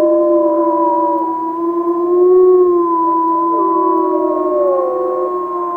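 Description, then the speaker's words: Gray wolf: gray wolves howling together, several long level tones layered at different pitches, one dropping and another rising midway. Lamar Canyon wolf pack in Yellowstone, recorded in January from the road, from a car. "Yeah, so those wolves, those were the Lamar Canyon pack. I recorded that this past January from the road."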